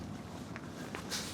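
A removable boot trim panel, taken out earlier to carry boxes, is handled as it is refitted into its mounts in the boot of a Renault Symbioz 140 hp. Two short, sharp knocks come at about 0.6 s and 1.0 s over low background noise, followed by a brief hissy rustle near the end. Nothing has seated or clicked into place yet.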